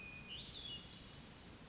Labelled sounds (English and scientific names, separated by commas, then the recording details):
Hermit Thrush (Catharus guttatus)
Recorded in Sonoma County, California